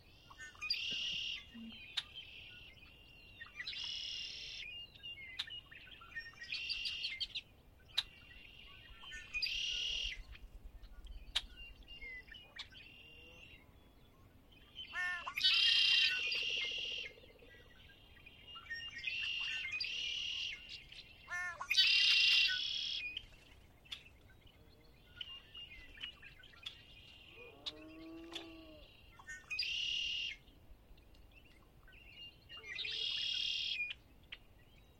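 A spring dawn at Conner's Lake, full of bird calls. Bright chirping bursts come every two to three seconds, high and repeated, with louder phrases around 16 and 22 seconds. A faint low hum runs beneath, and a soft lower call appears near 28 seconds.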